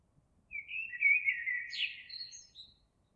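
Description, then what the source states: Eurasian blackbird giving one flowing, mellow song phrase that climbs into a brief high, strained twitter at the end. Recorded 26 April 2022.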